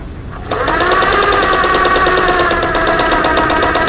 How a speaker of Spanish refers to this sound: Sonido de máquina de coser.